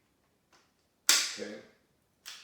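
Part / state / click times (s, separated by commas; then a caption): bolt carrier group closing in rifle upper receiver / seated / 1.1 s. The forward assist on an AR-15 is struck to push the steel bolt carrier group in the rifle's upper receiver fully closed into battery, giving a sharp metallic snap at 1.1 s that rings out over about half a second. Someone talks briefly, and a fainter tap follows near 2.3 s. The bolt is now closed and in battery.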